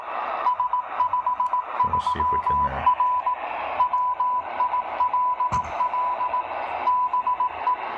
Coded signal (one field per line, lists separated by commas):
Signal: Morse code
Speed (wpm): 18 wpm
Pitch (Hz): 1000 Hz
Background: radio noise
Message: S53R WILL BE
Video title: Degen DE1103 Tuning 3000 - 4000 kHz Shortwave Utility broadcast and 80 meter band signals SSB AM